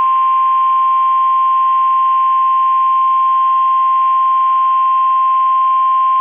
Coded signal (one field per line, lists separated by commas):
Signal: Emergency Alert System (SAME) tones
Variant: 1050 Hz attention tone